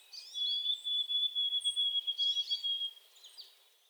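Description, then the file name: White-throated sparrow song: a long, clear, high whistled note held steady, while other birds chirp and twitter around it. Recorded 30 April 2020. "2020-04-30 White-throated Sparrow"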